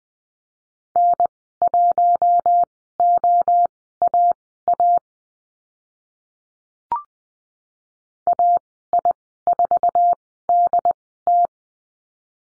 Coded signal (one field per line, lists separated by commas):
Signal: Morse code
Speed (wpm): 20 wpm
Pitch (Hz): 700 Hz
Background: none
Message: N1OAA AI4DT